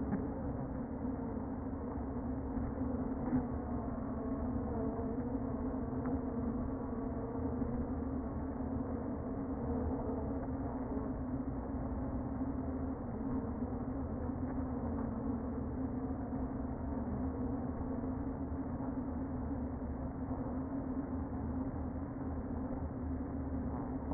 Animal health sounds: honeybee colony, microphone inside the hive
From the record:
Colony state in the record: queen present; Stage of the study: before two queens were removed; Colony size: about 60,000 bees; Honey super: yes

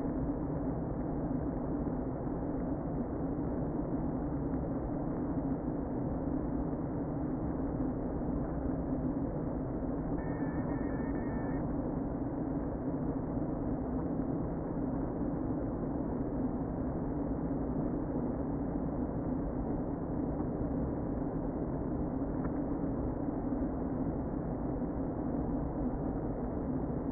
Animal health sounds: honeybee colony, microphone inside the hive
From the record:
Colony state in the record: queen present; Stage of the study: before two queens were removed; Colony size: about 60,000 bees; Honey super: yes

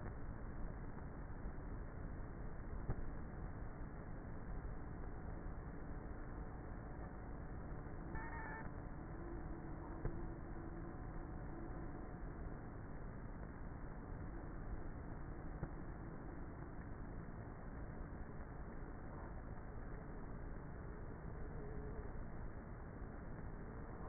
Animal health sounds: honeybee colony, microphone inside the hive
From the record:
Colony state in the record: queenless with a low population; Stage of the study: before two queens were removed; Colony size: about 30,000 bees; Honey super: no

